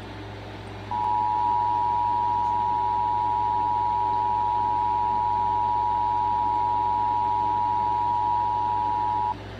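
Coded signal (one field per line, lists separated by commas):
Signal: Emergency Alert System (SAME) tones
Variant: 853 and 960 Hz attention tone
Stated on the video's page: Severe Thunderstorm Warning from National Weather Service, relayed on broadcast station WJMJ, recorded on computer.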